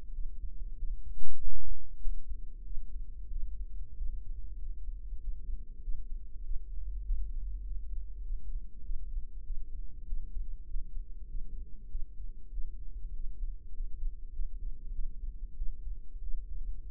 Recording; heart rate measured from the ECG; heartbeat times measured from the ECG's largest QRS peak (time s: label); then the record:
heart sounds by microphone in the right ear; 97 bpm
0.11 s: heartbeat
0.75 s: heartbeat
1.37 s: heartbeat
1.98 s: heartbeat
2.62 s: heartbeat
3.28 s: heartbeat
3.95 s: heartbeat
4.57 s: heartbeat
5.18 s: heartbeat
5.79 s: heartbeat
6.41 s: heartbeat
7.02 s: heartbeat
7.62 s: heartbeat
8.21 s: heartbeat
8.81 s: heartbeat
9.42 s: heartbeat
10.04 s: heartbeat
10.65 s: heartbeat
11.26 s: heartbeat
11.87 s: heartbeat
12.49 s: heartbeat
13.11 s: heartbeat
13.71 s: heartbeat
14.30 s: heartbeat
14.90 s: heartbeat
15.54 s: heartbeat
16.19 s: heartbeat
16.85 s: heartbeat
From the record:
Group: healthy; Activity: rest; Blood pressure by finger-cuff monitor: 133/71 mmHg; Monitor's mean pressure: 91 mmHg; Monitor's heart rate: 97 bpm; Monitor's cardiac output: 8.4 L/min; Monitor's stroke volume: 86 mL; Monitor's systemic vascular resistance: 790 dyn s/cm5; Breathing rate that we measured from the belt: 19 breaths a minute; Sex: female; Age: 26 years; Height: 165 cm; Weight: 55 kg